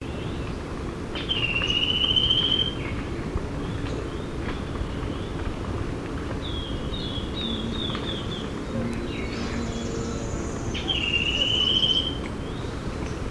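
Bird calls: two clear whistled notes, well apart, with softer high chirps between them over a steady low rumble.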